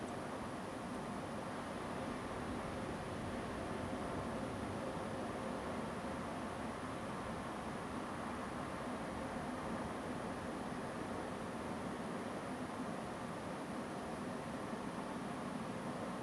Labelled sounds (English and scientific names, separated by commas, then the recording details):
Song Thrush (Turdus philomelos)
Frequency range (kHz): Song Thrush (Turdus philomelos) 5.7-10.3 kHz
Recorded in France